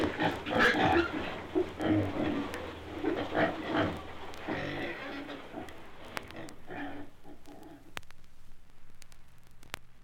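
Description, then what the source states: Pigs grunting rapidly in a busy stretch that fades after about six seconds into a quieter background with occasional clicks. Pigs and piglets together.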